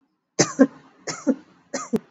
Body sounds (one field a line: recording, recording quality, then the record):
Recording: heavy voluntary cough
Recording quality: poor, much background noise or distortion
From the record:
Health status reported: exposed to COVID-19, no respiratory illness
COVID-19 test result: not tested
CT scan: not taken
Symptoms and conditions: none ticked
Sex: female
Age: 24 years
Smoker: yes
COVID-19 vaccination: both doses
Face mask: worn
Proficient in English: yes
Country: India